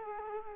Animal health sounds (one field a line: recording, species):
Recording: mosquito wingbeat signal from an infrared sensor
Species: Culex quinquefasciatus